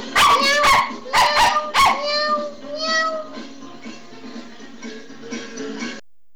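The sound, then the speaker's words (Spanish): Three or four sharp, loud dog barks burst out in quick succession from dogs on a carousel ride, then give way to a run of wavering, high-pitched cat meows that grow softer before stopping. “Esos perros, esos gatos contentos con la vuelta en calecita.”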